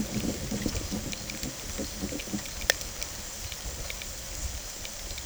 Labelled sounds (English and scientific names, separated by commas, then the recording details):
none
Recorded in secondary vegetation near Puerto Asís, Putumayo, Colombia, on 23 June 2025 at 15:30
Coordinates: 0.489, -76.322
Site G021